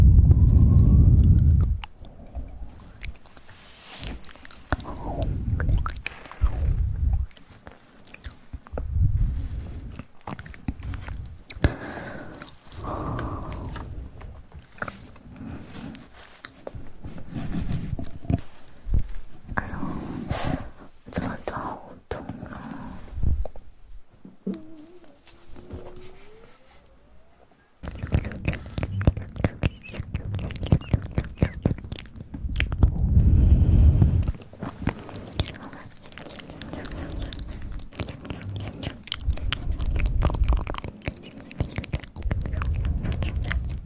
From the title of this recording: ASMR Fast Mouth Sounds